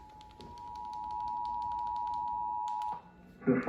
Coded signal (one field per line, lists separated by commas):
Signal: Emergency Alert System (SAME) tones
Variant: 853 and 960 Hz attention tone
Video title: WELL LOOK WHO WAS LATE! Child Abduction Emergency on KTBS! [EAS #1077]